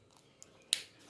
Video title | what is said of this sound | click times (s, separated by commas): Group 4 OMR Shading க்கு pen Suggestion | உங்களுக்கு அந்த சவுண்ட் கேட்டுருக்கும்னு நினைக்கிறேன். இதுல வந்து பேக் சைடும் லாக் ஆகும். | 0.7 s